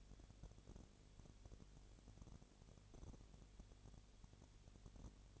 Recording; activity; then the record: daily activity, microphone in the room; no activity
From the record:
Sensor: 4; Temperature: 22.6 degrees Celsius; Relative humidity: 32.0%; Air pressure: 1008.1 hPa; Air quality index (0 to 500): 114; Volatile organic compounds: 2 ppm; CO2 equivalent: 1104 ppm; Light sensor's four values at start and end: 2/3/1/1 and 2/3/1/1